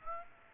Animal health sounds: mosquito wingbeat signal from an infrared sensor; Aedes aegypti

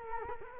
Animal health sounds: mosquito wingbeat signal from an infrared sensor; Culex quinquefasciatus

